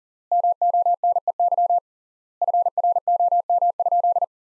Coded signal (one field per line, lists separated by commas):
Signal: Morse code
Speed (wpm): 40 wpm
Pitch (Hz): 700 Hz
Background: none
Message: MONEY FROM?